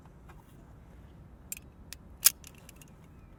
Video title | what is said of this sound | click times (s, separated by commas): 1967 Mercedes-Benz 250SL Manual - Rare 5 Speed German Roadster (POV Binaural Audio) | that's a satisfying click and | 2.3 s